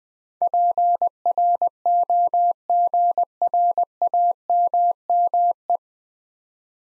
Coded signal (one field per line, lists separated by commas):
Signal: Morse code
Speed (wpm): 20 wpm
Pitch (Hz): 700 Hz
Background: none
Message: PROGRAMME